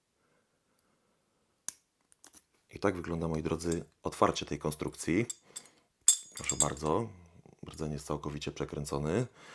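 A Smith & Locke GS 70 mm brass padlock is picked with a pick and tension wrench; after the sixth pin is set, the core turns and the hardened steel shackle pops open with a sharp snap at 1.7 s. A few faint ticks follow, then someone talks while a loud knock is heard at about 6.1 s. The shackle is released and the lock is open.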